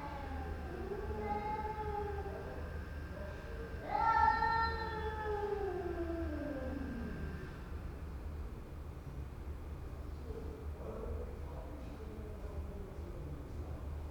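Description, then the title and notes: Cat meows, low drawn-out moans with one louder wail that slides down slowly, then quieter faint cries over a steady hum. Two cats recorded in the stairwell of a house in Istanbul, Turkey, in the morning; haunting plaintive meowing as a lament to avoid coming to a fight. "Istambul, Istanbul, Turquie - Cats in the stairwell - Chats dans l'escalier. Istanbul est une ville de chats, ce matin j'en ai enregistré deux dans la cage d'escalier de la maison. C'est lancinant, la complainte pour ne pas aller jusqu'à l'affrontement"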